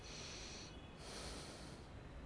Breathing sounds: one breath in and out by a microphone near the nose and mouth; deep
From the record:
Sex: male

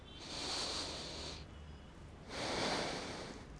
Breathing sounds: one breath in and out by a microphone near the nose and mouth; deep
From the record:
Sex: male

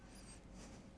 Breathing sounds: one breath in and out by a microphone near the nose and mouth; strong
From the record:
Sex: male

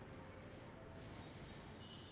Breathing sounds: one breath in and out by a microphone near the nose and mouth; normal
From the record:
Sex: male

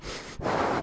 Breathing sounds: one breath in and out by a microphone near the nose and mouth; strong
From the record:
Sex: male

